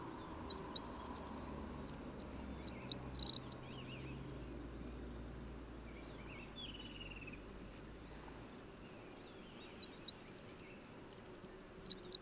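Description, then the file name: Eurasian wren giving two bursts of rapid, shrill trilling song about five seconds apart, over a soft low rumble of background noise. "Troglodytes troglodytes"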